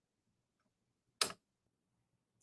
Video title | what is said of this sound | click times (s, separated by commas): CNA Live Class 6 – Transfers, Feeding, Intake & Output & Peri-Care (May 13, 2026) 🦽🍽️ | Hear that lock in place? | 1.2 s